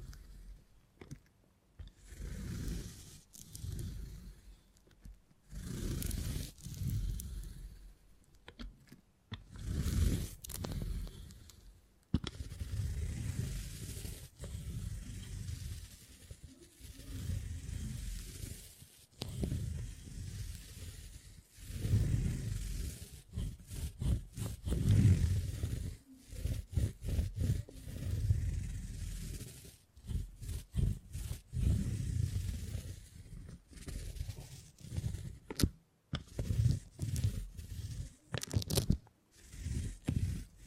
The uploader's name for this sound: Brain Tingly Sounds Using Beeswax